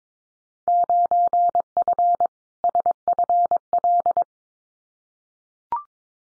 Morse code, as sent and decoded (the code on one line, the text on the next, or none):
----. ..-. / ... ..-. .-..
9F SFL